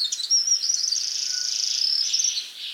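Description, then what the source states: Forest Double-collared Sunbird song: a fast, high, sustained run of thin buzzy trills and twitters. Lives in the mountains of eastern Africa; two populations separated onto different mountaintops at least 500,000 years ago still sing nearly identical songs.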